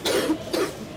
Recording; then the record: coughing mixed with background sound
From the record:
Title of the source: 60 coughing still (deep and wet cough)